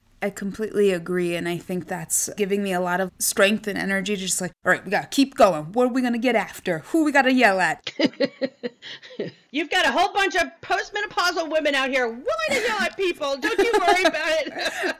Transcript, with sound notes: I completely agree, and I think that’s giving me a lot of strength and energy, just like, ‘Alright, we got to keep going. What are we going to get after? Who we got to yell at?’.
(laughs) You’ve got a whole bunch of post-menopausal women out here willing to yell at people. Don’t you worry about it.